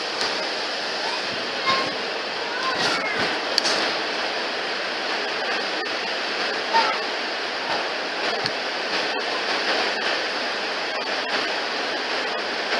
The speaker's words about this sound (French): Qu'il pleuve dans nos vies. Qu'il pleuve dans nos vies. Comme il fait pleuvoir actuellement.